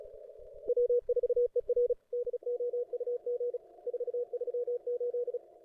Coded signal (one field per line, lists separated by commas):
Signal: Morse code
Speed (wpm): 36 wpm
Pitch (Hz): 500 Hz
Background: radio noise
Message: W4ER DOUG 438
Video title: 2022-02-24 0300Z CWOps CWT